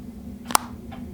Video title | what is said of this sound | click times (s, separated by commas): ESUM Cosmetics Review: Is their makeup as good as their brushes? | Then it easily slides back into place with a satisfying click when it closes. | 0.6 s